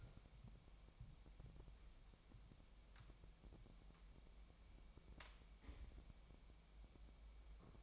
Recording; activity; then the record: daily activity, microphone in the room; wipe stove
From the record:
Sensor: 1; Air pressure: 1003.3 hPa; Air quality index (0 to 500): 200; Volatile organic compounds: 6 ppm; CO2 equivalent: 1909 ppm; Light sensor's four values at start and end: 8/20/8/10 and 8/20/8/10